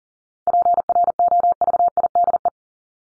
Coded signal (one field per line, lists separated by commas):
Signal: Morse code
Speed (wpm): 40 wpm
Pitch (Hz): 700 Hz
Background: none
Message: PROVIDE